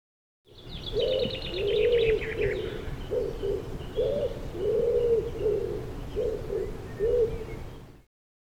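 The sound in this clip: Common Wood Pigeon cooing: soft, low hooting coos in rhythmic phrases of several notes, repeated steadily, with a brief high chittering trill from another bird at the start.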